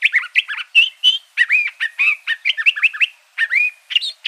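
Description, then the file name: Curve-billed thrasher song, a rapid run of varied warbled and chirping notes, some rising and falling, delivered almost without pause. Recorded in Arizona. "CBTH 8 Deviche"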